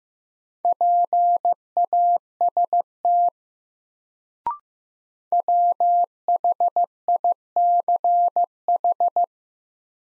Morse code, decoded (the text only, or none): PAST WHICH